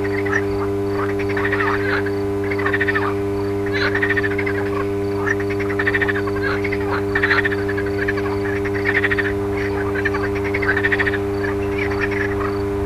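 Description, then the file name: Frog chorus of rattling pulsed croaks repeated roughly every second, steady throughout, with a continuous low transformer-like hum underneath. Frogs recorded alongside an electrical transformer's hum. "grenouilles et transformateur"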